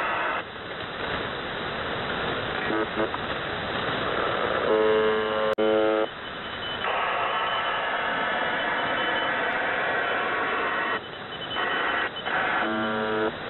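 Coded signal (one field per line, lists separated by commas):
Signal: channel marker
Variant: UVB-76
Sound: repeated harsh low buzzes about a second long over hissy shortwave static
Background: radio static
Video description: "The Buzzer" is a Russian military radiostation that broadcasts on 4625 kHz.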